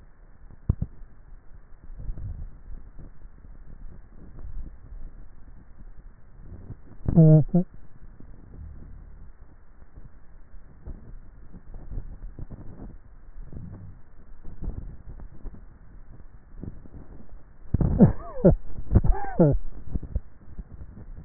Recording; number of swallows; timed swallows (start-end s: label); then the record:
swallowing sounds by neck microphone; 4
2.02-3.25 s: swallow
4.48-5.58 s: swallow
11.75-12.88 s: swallow
14.58-15.72 s: swallow
From the record:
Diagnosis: dysphagia